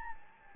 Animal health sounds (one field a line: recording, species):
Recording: mosquito wingbeat signal from an infrared sensor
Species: Anopheles gambiae